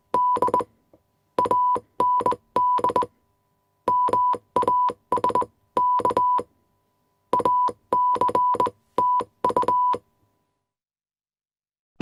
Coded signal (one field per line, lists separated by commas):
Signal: Morse code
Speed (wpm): 21 wpm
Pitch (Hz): 990 Hz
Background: none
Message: D AND MASK ACTU